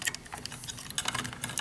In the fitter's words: voilà il se clipse bien entendu et vous rabattez sa dessus